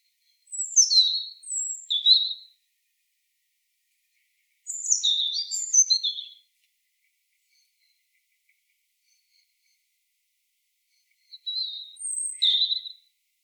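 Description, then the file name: European robin singing three short bursts of high, tinkling, varied notes with long silent gaps between phrases. "Erithacus rubecula"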